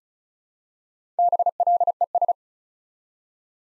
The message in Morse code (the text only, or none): BLES